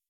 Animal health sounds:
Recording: hydrophone in a shrimp aquaculture tank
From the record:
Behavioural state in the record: weakened

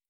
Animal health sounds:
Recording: hydrophone in a shrimp aquaculture tank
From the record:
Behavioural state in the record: stressed

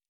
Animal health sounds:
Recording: hydrophone in a shrimp aquaculture tank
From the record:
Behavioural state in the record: normal

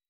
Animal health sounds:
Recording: hydrophone in a shrimp aquaculture tank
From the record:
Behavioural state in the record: weakened

